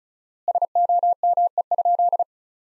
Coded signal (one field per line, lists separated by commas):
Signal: Morse code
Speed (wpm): 36 wpm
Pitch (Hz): 700 Hz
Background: none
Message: SOME?